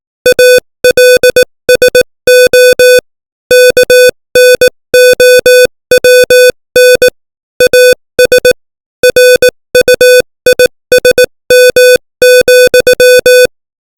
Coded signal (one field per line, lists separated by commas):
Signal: Morse code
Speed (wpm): 18 wpm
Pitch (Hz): 500 Hz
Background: music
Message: ALSO KNOWN AS RUISM,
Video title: Morse Code 18 WPM : Confucianism